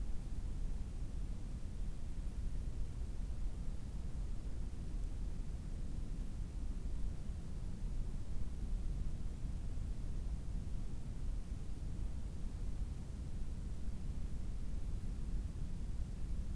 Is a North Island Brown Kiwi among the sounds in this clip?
no